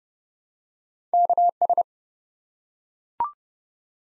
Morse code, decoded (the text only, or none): KS